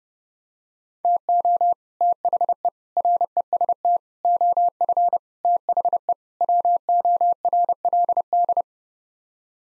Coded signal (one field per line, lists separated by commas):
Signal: Morse code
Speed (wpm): 30 wpm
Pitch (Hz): 700 Hz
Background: none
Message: TO THE REST OF THE WORLD